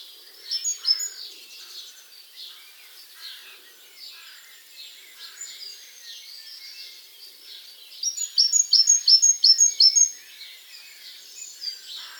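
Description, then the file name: Great tit song: a short burst near the start and a loud strophe of quick repeated bright notes later, amid steady soft chattering and chirps. "Parus major"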